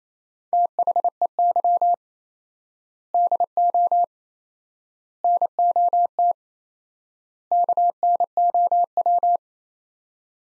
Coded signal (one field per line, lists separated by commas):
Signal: Morse code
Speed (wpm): 27 wpm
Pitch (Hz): 700 Hz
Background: none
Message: THEY DO NOT KNOW